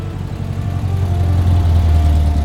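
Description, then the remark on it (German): A car engine idles with a steady low rumble, swelling slightly louder toward the end as the car is parked and then locked, in Coyoacán, October 1939. No voices. “Ramon parkte und schloss den Wagen ab.”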